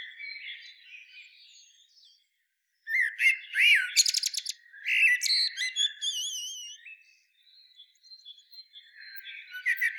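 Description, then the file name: Common blackbird with faint scratchy notes, then a loud phrase of looping, squeaky and trilled high notes, easing back to soft twittering. "Turdus merula"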